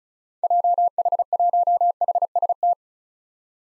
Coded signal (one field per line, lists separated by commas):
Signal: Morse code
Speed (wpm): 36 wpm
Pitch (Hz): 700 Hz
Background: none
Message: JH1HST